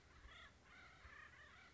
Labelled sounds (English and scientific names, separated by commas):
Acorn Woodpecker (Melanerpes formicivorus)